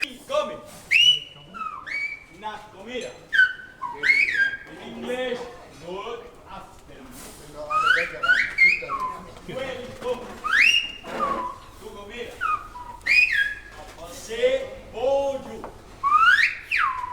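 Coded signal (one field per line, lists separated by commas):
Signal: whistled language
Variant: Silbo Gomero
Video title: Silbo Gomero - гомерский свист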